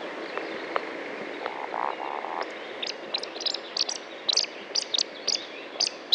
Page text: sluka lesni kvorkani a piskani kohoutku na jarnim tahu. Sluka hôrna (Scolopax rusticola)